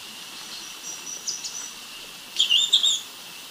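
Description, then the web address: Black-and-white becard calls: faint high notes early, then a brief louder burst of short chirpy notes near the end, over steady hiss. Recorded in Ecuador. "Birds of Ecuador. Black-and-white Becard"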